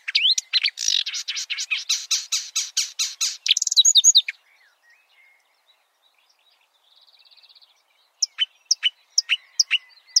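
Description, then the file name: Marsh warbler song, a rapid stuttering buzzy trill for about four seconds, a quiet gap, then a few sharp high chips. "suara-kicauan-burung-marsh-warbler -omkicau"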